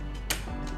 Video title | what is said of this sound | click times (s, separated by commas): Fanttik Zeta X4 Pro & S4 Pro Folding Tables - Review | Other side, same thing. You hear it click. | 0.3 s